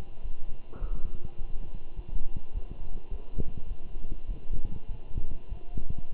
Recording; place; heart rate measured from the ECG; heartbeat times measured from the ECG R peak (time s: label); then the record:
heart sounds by stethoscope; between the tricuspid and mitral areas; 102 bpm
0.22 s: heartbeat
0.81 s: heartbeat
1.38 s: heartbeat
1.96 s: heartbeat
2.54 s: heartbeat
3.10 s: heartbeat
3.68 s: heartbeat
4.27 s: heartbeat
4.88 s: heartbeat
5.49 s: heartbeat
6.12 s: heartbeat
From the record:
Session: walking at 3.7 km/h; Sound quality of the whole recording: good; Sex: male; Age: 24 years